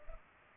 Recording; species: mosquito wingbeat signal from an infrared sensor; Culex pipiens